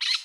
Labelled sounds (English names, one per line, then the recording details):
Brown-throated Parakeet contact call
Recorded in Curacao
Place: Hoffi Jan Thiel
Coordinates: 12.094, -68.877